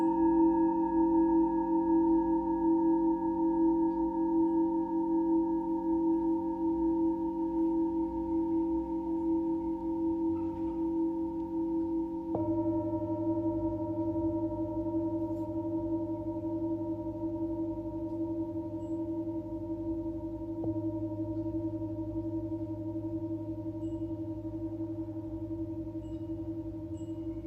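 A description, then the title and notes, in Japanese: Singing bowl tones hum in a long, steady drone, layered pure pitches ringing together without break. Around twelve seconds a new lower tone joins and shifts the chord, and near twenty-one seconds another small change follows, while the overall level slowly eases down. メキシコから シンギングボウルのサウンドヒーリング ライブ。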